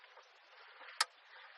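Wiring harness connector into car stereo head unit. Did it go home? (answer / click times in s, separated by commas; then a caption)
yes / 1.0 s. A plastic black wiring harness connector, carrying power and speakers, is plugged into the back of a JVC KW-R930BTS car stereo head unit during an install in a 2005 Toyota Echo Hatchback. A sharp, bright click comes at 1.0 s over a steady, low broadband hiss. The connector is seated.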